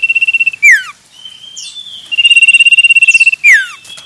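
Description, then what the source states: Common iora: a level high trill ending in a falling whistle, then a longer level trill ending in another downward whistle. Male.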